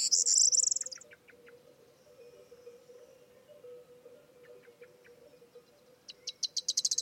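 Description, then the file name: Corn bunting song, the end of one jangling trill at the start and the ticking opening of the next at the close, with faint short notes and a low hum between. "Zden k Vermouzek - Prosyanka Emberiza calandra"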